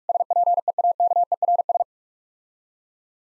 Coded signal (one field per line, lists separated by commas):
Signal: Morse code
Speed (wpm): 46 wpm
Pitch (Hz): 700 Hz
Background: none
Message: SPEAKERS